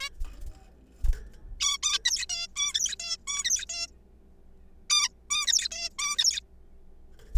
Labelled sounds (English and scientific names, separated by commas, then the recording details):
Zebra Finch (Taeniopygia guttata)
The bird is a juvenile
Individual R3428